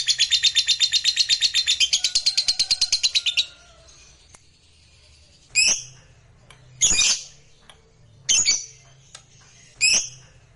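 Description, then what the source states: Lovebird song: a few seconds of rapid, shrill chattering trill, then a pause and four sharp, harsh squawks spaced about one to two seconds apart. Meant to stir a lazy lovebird that is reluctant to sing into singing eagerly and spontaneously.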